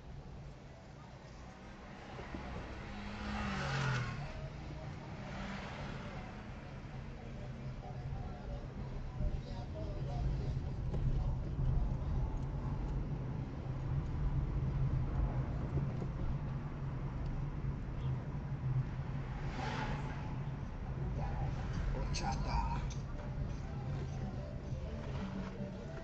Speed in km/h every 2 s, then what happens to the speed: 1, 0, 7, 9, 9, 16, 24, 27, 27, 25, 23, 20, 6.
0-3 standing. 3-13 pulls away to 27. 17-24 slows to 6.